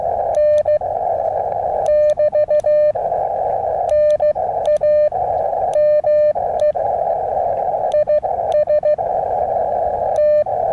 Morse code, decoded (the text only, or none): N <BT> NAME IS T